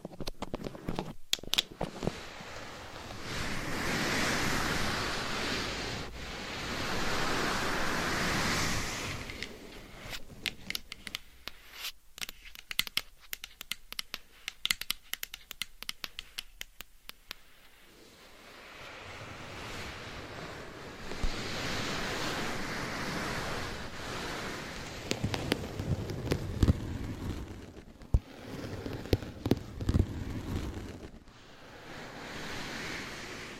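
Soft scratching and brushing sounds swell in long rustling waves, broken by a quieter stretch of quick, crisp tapping clicks midway.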